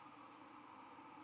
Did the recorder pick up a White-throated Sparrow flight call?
no